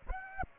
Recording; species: mosquito wingbeat signal from an infrared sensor; Aedes aegypti